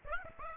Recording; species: mosquito wingbeat signal from an infrared sensor; Aedes aegypti